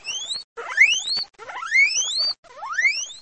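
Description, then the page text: Guinea pig squeaks: four high, whistled squeals, each sweeping steeply upward in pitch, separated by brief pauses. Guinea pig squeaking in a cage. "Звуки Морской свинки. ЗВУКОДАР"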